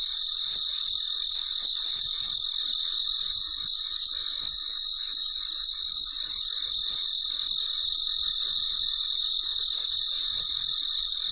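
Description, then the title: Cricket chirps, short bright pulses repeating near three per second, while a high insect drone swells in after the first two seconds. Late at night, in deep quiet. "深夜录制蟋蟀昆虫声"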